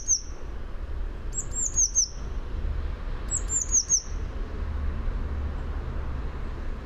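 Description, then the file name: Eurasian blue tit with three bouts of thin, high notes: a single note first, then two runs of three or four falling notes, before quiet background. "Cyanistes caeruleus"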